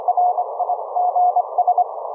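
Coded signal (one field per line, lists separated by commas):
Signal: Morse code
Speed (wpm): 25 wpm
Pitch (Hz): 720 Hz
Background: none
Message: RIGS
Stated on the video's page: Live HF QSO audio from the rig streamed over a wired LAN as TCP Opus audio through a Raspberry Pi to a remote laptop.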